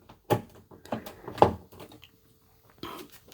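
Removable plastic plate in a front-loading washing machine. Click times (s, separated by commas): 1.4 s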